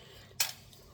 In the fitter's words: It'll click. You hear that click?